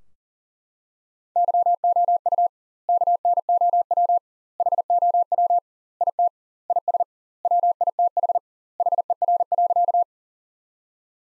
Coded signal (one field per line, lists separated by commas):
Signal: Morse code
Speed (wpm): 40 wpm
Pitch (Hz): 700 Hz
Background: none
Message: YOU KNOW HOW IT IS WITH HER.